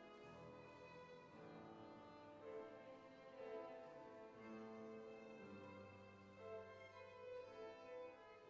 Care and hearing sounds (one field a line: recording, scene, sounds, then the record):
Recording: everyday scene through a hearing-aid microphone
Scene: reverberant space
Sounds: music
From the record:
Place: church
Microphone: behind the ear, right, front